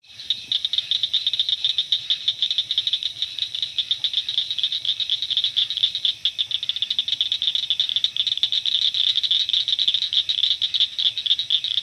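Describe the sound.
Blanchard's cricket frog calling with dense, rapid clicking, a steady high rattle for the whole stretch without pause.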